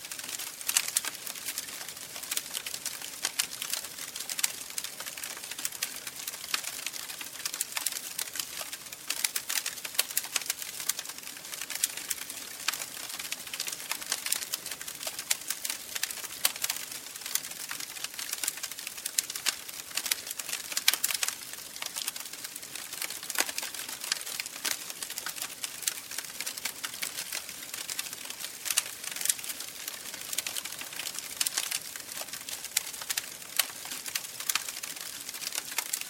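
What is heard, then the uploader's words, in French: A campfire crackles steadily from start to finish, with dense, rapid snaps and pops scattered irregularly throughout. The crackles are bright and sharp, set over a soft, low hiss of burning, with no other sounds standing out. Feu de camp.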